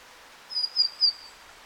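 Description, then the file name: Great tit calls: three thin, very high whistled notes, short and evenly spaced, over soft background hiss. "Parus major"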